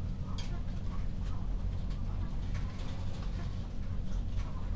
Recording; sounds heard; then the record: poultry house recording; sick chickens (respiratory disease)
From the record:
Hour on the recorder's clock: 21